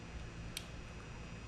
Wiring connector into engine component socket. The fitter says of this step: heard it click